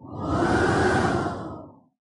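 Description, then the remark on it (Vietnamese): A single loud, broad whoosh of howling wind as a painted scroll spreads open, swelling quickly, holding steady for over a second, then fading out; no voices. “Tiếng gió rít gào, quyển tranh trải rộng ra, bầu trời trong xanh biến mất,”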